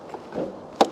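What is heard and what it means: A car's hood release lever inside the cabin is pulled, and the engine hood latch releases with a sharp pop at 0.8 s as the hood lifts slightly. A faint tap comes before it at 0.1 s, followed by a soft rustle around 0.4 s. The hood latch is confirmed released.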